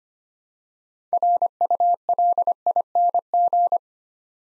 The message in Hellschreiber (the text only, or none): none